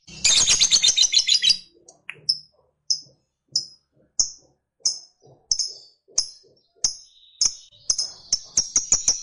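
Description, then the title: Lovebird giving a brief burst of fast high chatter, then a series of short sharp chirps. Fighter lovebird singing energetically (gacor). "SUARA Lovebird FIGHTER GACOR"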